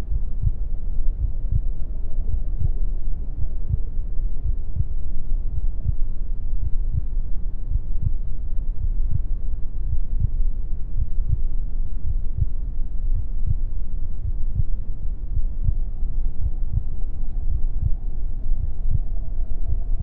Heartbeat Sound | A Mother's Womb. The gentle thumping of my mother's heartbeat serves as the main focus, a steady rhythm that reverberates through the fluid-filled space. Accompanying the heartbeat is the gentle rise and fall of my mother's breath. The sounds of my mother's digestive system, a gentle gurgling, and rumbling.